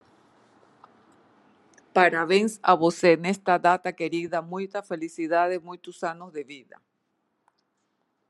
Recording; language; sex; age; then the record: short text; Brazilian Portuguese; female; 50 to 59 years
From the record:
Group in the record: control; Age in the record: 59 years